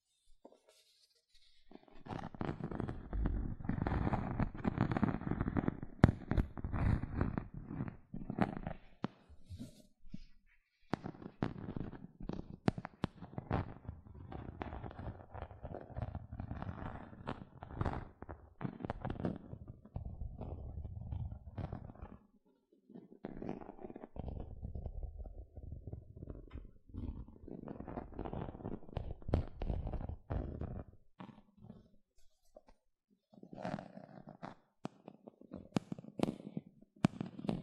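Gentle scratching comes in dense bursts of quick, crackly strokes, mostly low and muffled with some brighter ticks on top. The bursts run several seconds each, separated by short silences near 2, 10, 23 and 32 seconds, and the final stretch turns sparser and lighter.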